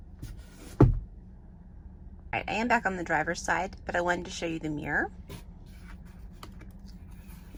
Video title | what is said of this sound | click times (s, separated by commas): Sun visor in Model Y | pushes back in and then whenever you're done with it it just clicks back into place with the magnet | 0.8 s